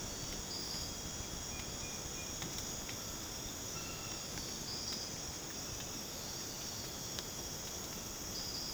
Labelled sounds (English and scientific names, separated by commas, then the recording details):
none
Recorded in dense forest near Puerto Asís, Putumayo, Colombia, on 12 March 2025 at 02:30
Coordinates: 0.486, -76.317
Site G053